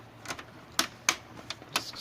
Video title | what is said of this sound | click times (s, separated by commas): Found the vga connector/installing | has the tabs snap into place | 0.8 s, 1.1 s